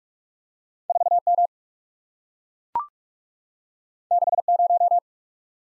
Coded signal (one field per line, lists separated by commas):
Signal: Morse code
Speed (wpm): 44 wpm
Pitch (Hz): 700 Hz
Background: none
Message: 4 M 6 0